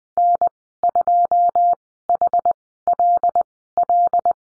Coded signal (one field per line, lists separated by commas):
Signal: Morse code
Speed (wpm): 20 wpm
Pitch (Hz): 700 Hz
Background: none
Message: N2HLL